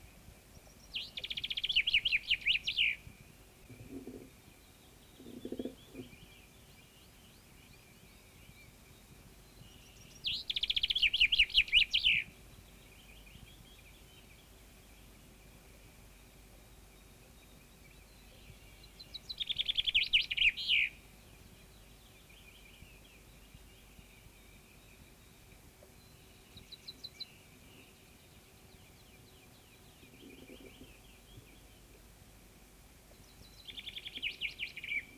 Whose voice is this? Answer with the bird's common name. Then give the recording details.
Common Chaffinch. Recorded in the wild. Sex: male. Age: adult. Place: Schloß Holte-Stukenbrock, Senne, Nordrhein-Westfalen, DE. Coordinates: 51.8692, 8.66167. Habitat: forest. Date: 1965. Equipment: Uher 4000 Report-S, Bändchenmikro Beyer M 260, Parabolspiegel Polyester (470 mm). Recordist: Conrads, Klaus. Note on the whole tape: Hof Stall (Kiefernwald nahe Hochspannung, Furlbach-Gebiet). Männchen: Egge-Sänger mit einem Egge-Motiv. Keine genaue Datumsangabe: Juni 1965